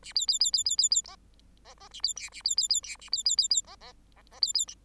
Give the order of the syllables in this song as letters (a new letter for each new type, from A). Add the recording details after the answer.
A B B B B B B B C C A B D A B B B D A B B B B C C C C B B. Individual Bird8